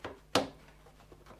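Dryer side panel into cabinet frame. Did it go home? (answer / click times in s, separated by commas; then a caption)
yes / 0.4 s. During reassembly of a Bosch, Neff or Siemens tumble dryer that was not turning, the plastic side panel is slid down into the cabinet frame after the wiring harness on that side is fitted. A faint knock at 0.1 s is followed by one sharp, loud snap at 0.4 s as the panel's two tabs lock into the cabinet, leaving the panel seated.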